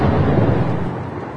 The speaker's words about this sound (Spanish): La lluvia caía como si nunca lo hubiese hecho antes y se fundía con la oscuridad, aumentando el miedo.